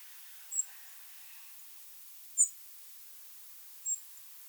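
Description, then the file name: European robin calling with three thin, high, sharp notes spaced about one and a half to two seconds apart against a soft hiss. "Erithacus rubecula"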